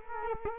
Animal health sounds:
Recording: mosquito wingbeat signal from an infrared sensor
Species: Culex quinquefasciatus

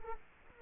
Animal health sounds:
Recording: mosquito wingbeat signal from an infrared sensor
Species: Culex quinquefasciatus

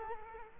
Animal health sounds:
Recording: mosquito wingbeat signal from an infrared sensor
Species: Culex quinquefasciatus

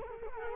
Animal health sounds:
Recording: mosquito wingbeat signal from an infrared sensor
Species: Culex quinquefasciatus

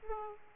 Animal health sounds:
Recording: mosquito wingbeat signal from an infrared sensor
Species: Aedes aegypti

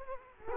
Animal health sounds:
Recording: mosquito wingbeat signal from an infrared sensor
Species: Culex quinquefasciatus

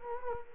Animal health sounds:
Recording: mosquito wingbeat signal from an infrared sensor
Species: Culex quinquefasciatus

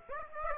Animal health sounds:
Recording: mosquito wingbeat signal from an infrared sensor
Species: Aedes aegypti

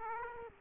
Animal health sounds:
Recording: mosquito wingbeat signal from an infrared sensor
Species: Aedes aegypti

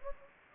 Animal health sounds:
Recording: mosquito wingbeat signal from an infrared sensor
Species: Anopheles gambiae

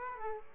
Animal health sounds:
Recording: mosquito wingbeat signal from an infrared sensor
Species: Aedes aegypti

